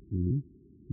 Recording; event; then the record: neck accelerometer signal played as sound; no cough (speech, laughter, throat clearing or background)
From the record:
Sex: male